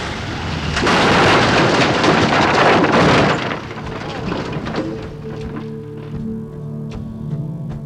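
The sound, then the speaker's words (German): A burning aircraft's heavy crash-landing impact on the East African coast: a loud, roaring burst of noise that holds for about three seconds, then drops into a quieter rumbling tail with a steady low hum. “Dann die Bruchlandung.”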